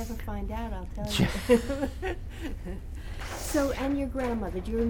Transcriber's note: they laugh